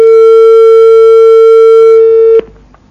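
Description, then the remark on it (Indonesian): A steady, loud electronic telephone tone holds one pitch for over two seconds, then cuts off abruptly, leaving faint low hiss after a caller's phone call drops again during a phone-in. “putus lagi ya.”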